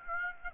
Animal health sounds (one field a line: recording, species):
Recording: mosquito wingbeat signal from an infrared sensor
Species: Aedes aegypti